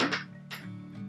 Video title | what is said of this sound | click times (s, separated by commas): How To Make Fishing Spinner Lure - French Blade Spinner! | Twist it until you hear the click. | 0.0 s